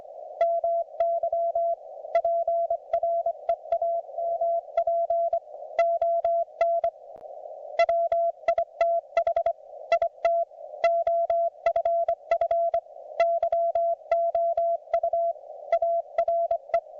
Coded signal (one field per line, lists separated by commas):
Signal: Morse code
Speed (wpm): 25 wpm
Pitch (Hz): 680 Hz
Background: none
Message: MY PREAMP ON WITH IT OFF YOU ARE